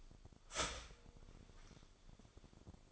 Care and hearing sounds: daily activity, microphone in the room; start toaster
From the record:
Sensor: 5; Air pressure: 1004.3 hPa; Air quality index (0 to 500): 169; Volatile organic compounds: 4 ppm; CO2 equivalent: 1592 ppm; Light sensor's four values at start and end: 33/107/40/41 and 33/107/40/41

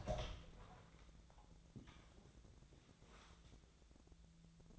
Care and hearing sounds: daily activity, microphone in the room; open door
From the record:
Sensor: 3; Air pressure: 1000.4 hPa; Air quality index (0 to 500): 177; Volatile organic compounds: 3 ppm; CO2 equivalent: 1535 ppm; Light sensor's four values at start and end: 14/34/14/15 and 14/34/14/15

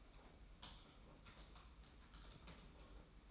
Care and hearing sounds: daily activity, microphone in the room; typing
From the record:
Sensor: 1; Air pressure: 991.7 hPa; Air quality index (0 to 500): 173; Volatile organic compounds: 1000 ppm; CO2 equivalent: 6550 ppm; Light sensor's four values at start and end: 29/100/38/39 and 29/100/38/39

